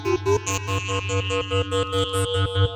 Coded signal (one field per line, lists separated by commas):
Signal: none